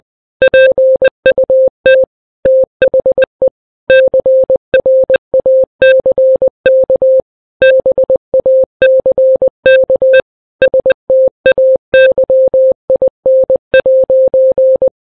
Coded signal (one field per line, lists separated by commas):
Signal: Morse code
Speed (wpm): 20 wpm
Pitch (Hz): 520 Hz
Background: none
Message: PUT THE CRACK BACK STAYIN'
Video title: Setheun Vlogs - Morse Code